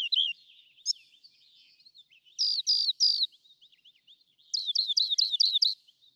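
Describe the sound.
Rock wren song: a varied series of high phrases, including a few slurred notes and then a quick run of repeated rising-falling chirps.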